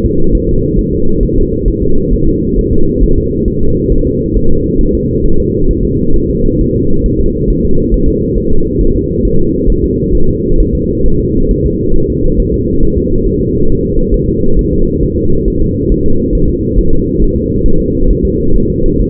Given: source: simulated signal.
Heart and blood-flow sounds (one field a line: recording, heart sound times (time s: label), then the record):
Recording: fetal heart sounds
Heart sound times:
0.06 s: S2
0.35 s: S1
0.49 s: S2
0.79 s: S1
0.93 s: S2
1.23 s: S1
1.38 s: S2
1.68 s: S1
1.83 s: S2
2.13 s: S1
2.28 s: S2
2.59 s: S1
2.73 s: S2
3.03 s: S1
3.18 s: S2
3.48 s: S1
3.62 s: S2
3.92 s: S1
4.07 s: S2
4.36 s: S1
4.51 s: S2
4.81 s: S1
4.95 s: S2
5.26 s: S1
5.40 s: S2
5.71 s: S1
5.85 s: S2
6.16 s: S1
6.30 s: S2
6.61 s: S1
6.76 s: S2
7.06 s: S1
7.21 s: S2
7.50 s: S1
7.65 s: S2
7.94 s: S1
8.09 s: S2
8.38 s: S1
8.52 s: S2
8.81 s: S1
8.96 s: S2
9.25 s: S1
9.40 s: S2
9.70 s: S1
9.84 s: S2
10.15 s: S1
10.29 s: S2
10.60 s: S1
10.75 s: S2
11.06 s: S1
11.20 s: S2
11.51 s: S1
11.66 s: S2
11.96 s: S1
12.10 s: S2
12.40 s: S1
12.54 s: S2
12.83 s: S1
12.97 s: S2
13.27 s: S1
13.41 s: S2
13.70 s: S1
13.84 s: S2
14.14 s: S1
14.29 s: S2
14.59 s: S1
14.73 s: S2
15.03 s: S1
15.18 s: S2
15.48 s: S1
15.62 s: S2
15.92 s: S1
16.06 s: S2
16.35 s: S1
16.50 s: S2
16.78 s: S1
16.93 s: S2
17.22 s: S1
17.36 s: S2
17.66 s: S1
17.80 s: S2
18.11 s: S1
18.25 s: S2
18.56 s: S1
18.70 s: S2
19.02 s: S1
From the record:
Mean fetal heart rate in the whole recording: 135 bpm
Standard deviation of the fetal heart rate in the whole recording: 3 bpm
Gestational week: 36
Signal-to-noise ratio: -19.1 dB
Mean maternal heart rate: 72 bpm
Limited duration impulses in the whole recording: present